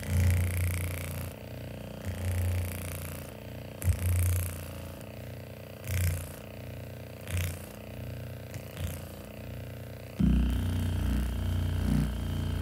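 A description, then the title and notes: A handheld body massager runs with a steady low hum and a constant mid-pitched whine, its pitch wavering as it presses. Brief scraping bursts come every second or two, near 1, 4, 6, 7 and 9 seconds, and the motor grows louder and rougher after about 10 seconds. Spa full body massage with massager.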